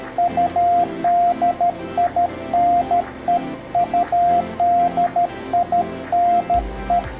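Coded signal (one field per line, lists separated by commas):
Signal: Morse code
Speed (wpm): 13 wpm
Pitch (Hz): 700 Hz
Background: music, radio noise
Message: UDINE UDINE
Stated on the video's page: QRP CW at 5 W on HF using a nearly invisible emergency antenna with tuner, 40 to 10 metre bands, contact with Spain.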